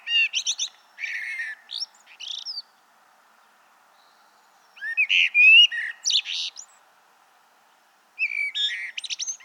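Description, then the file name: Common blackbird giving clusters of high, jumbled squeaky chirps and twittering notes in three bursts separated by quiet gaps. "Turdus merula"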